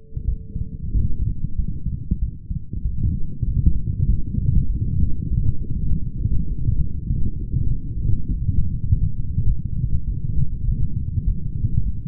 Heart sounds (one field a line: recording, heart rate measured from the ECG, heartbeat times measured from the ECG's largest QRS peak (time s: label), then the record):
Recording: heart sounds by stethoscope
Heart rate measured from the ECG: 98 bpm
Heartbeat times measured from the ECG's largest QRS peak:
0.26 s: heartbeat
0.92 s: heartbeat
1.56 s: heartbeat
2.20 s: heartbeat
2.83 s: heartbeat
3.45 s: heartbeat
4.07 s: heartbeat
4.68 s: heartbeat
5.29 s: heartbeat
5.89 s: heartbeat
6.49 s: heartbeat
7.09 s: heartbeat
7.69 s: heartbeat
8.29 s: heartbeat
8.88 s: heartbeat
9.47 s: heartbeat
10.06 s: heartbeat
10.66 s: heartbeat
11.26 s: heartbeat
11.85 s: heartbeat
From the record:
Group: healthy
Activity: rest 0-2 s, light exercise 2-12 s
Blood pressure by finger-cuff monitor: 128/84 mmHg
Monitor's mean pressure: 100 mmHg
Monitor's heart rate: 97 bpm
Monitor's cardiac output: 7.2 L/min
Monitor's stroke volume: 75 mL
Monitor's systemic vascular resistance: 1010 dyn s/cm5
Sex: female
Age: 37 years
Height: 168 cm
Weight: 70 kg